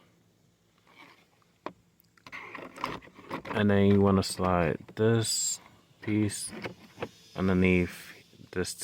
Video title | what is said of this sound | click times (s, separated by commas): Yaris/Vios B Pillar Removal | slide it on you hear it click | 1.7 s